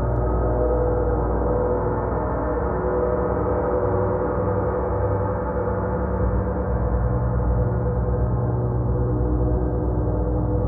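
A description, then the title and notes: Planetary gongs ring in a sound bath, a thick, steady wash of overlapping low tones with deep rumbling underneath. The sustained drone holds an even loudness throughout, its layered pitches slowly shimmering and beating against each other, with no sharp strikes or brightness above. Immersive sound bath using her signature planetary gongs that are tuned to the frequencies of each planet.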